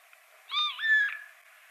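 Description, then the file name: Eurasian jay giving a single two-part call: a brief arched, harmonic-rich note, then a longer level whistled note that fades out. Faint hiss in the background. "Garrulus glandarius"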